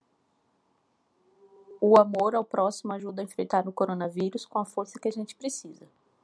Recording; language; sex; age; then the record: spoken sentence; Brazilian Portuguese; female; 30 to 39 years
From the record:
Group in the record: control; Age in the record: 33 years